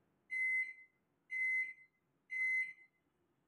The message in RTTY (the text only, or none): none